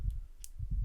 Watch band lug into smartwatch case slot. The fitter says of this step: Alright, clicked on this time.